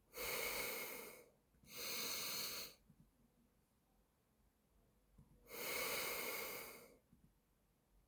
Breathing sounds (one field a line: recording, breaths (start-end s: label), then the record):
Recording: nose breathing near a microphone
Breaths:
0.00-1.43 s: exhalation
1.43-2.78 s: inhalation
5.08-7.03 s: exhalation
From the record:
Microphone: phone